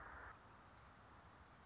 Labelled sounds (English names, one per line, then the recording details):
Anna's Hummingbird
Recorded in Sonoma County, California